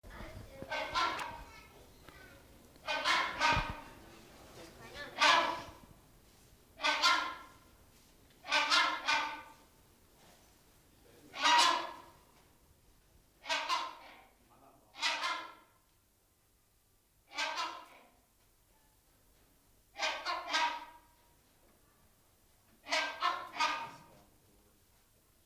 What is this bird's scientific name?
Buceros rhinoceros